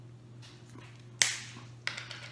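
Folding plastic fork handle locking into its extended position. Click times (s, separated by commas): 1.2 s, 1.9 s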